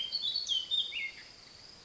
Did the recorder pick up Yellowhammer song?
no